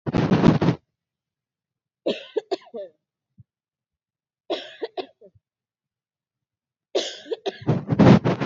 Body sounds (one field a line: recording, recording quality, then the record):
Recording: heavy voluntary cough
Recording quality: excellent, no background noise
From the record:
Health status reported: COVID-19 positive, mild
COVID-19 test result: positive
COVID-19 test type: RT-PCR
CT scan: not taken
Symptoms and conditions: cough, cold, sore throat, fever, fatigue, muscle pain, another condition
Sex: female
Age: 32 years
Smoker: no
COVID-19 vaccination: both doses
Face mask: not worn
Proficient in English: yes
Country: India